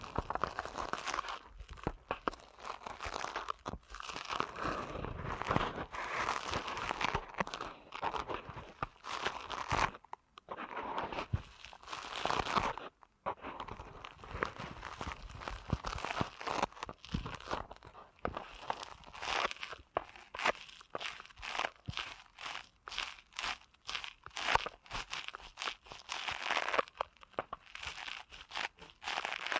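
Deep ear canal massage sounds: dense, crackling crinkles and rubs that run almost without pause, bright and scratchy with a muffled rustle underneath. Brief silences break the texture near 10 and 13 seconds, and later the rubbing turns into quicker, more separate strokes.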